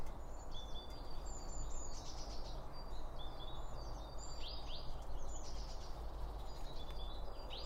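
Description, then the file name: Birds chirp and twitter in quick high notes and sweeping calls above a steady low background hum. Birds around a bird feeder, recorded with two Line Audio OM 1 microphones. "Birds Around Birdfeeding With Two Om 1 From Line Audio"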